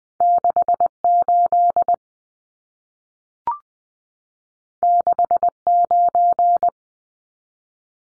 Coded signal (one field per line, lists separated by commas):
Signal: Morse code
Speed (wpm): 20 wpm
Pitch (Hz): 700 Hz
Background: none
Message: 68 69